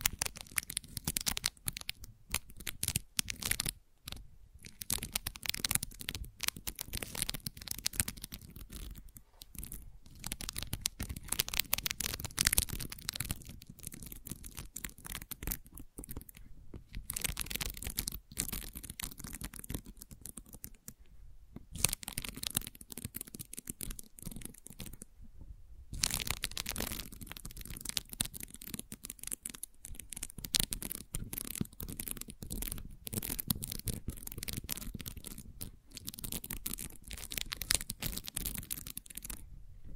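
Gentle scratching runs almost without pause, a dense, rapid rasping with a bright, papery edge and a soft low rumble underneath. Brief silent gaps break it up around 4, 21 and 26 seconds before the strokes resume at a steady, even level.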